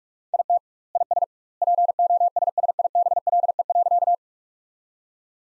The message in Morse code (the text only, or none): IT IS POSSIBLE.